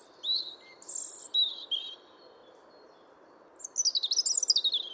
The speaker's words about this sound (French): Les oiseaux chantent donc majoritairement au printemps, sauf chez l'exception, comme le rouge-gorge, qui chante encore beaucoup durant la saison hivernale.